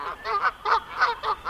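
Canada Goose: honking, a run of several nasal, harsh calls in quick succession.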